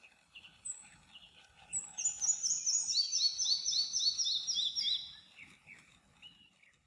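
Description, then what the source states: Red-breasted flycatcher song, a quick run of high, thin doubled notes repeated about four times a second for three seconds, with softer notes before and after. Recorded 17 May 2017.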